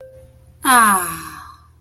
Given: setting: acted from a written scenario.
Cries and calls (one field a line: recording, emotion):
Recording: vocal sound without words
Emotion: contentment